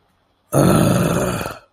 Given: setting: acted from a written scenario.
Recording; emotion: vocal sound without words; disappointment